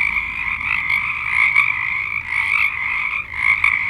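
Frogs in chorus, a dense continuous trilling croak with overlapping callers, swelling and dipping in loudness throughout.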